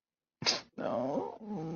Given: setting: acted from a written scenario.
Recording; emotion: vocal sound without words; sadness